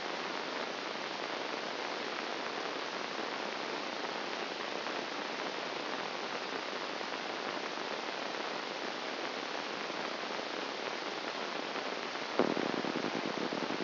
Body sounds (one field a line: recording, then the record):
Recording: brain microelectrode recording played as sound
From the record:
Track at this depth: inside the subthalamic nucleus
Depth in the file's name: 0.007 mm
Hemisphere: left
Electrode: 2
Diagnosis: Parkinson's disease